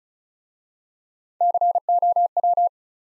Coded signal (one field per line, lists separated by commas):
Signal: Morse code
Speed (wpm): 33 wpm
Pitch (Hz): 700 Hz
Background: none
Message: COW